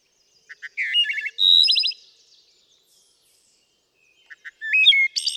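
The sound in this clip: Wood thrush song: soft pip notes leading into a rich fluted phrase and a rapid metallic trill, then another phrase starting after a pause.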